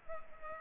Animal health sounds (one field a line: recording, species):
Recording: mosquito wingbeat signal from an infrared sensor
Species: Culex pipiens